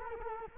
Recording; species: mosquito wingbeat signal from an infrared sensor; Culex quinquefasciatus